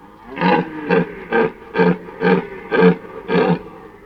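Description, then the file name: Red deer roaring in a series of seven hoarse, pulsed bellows, evenly spaced about half a second apart. "jelen"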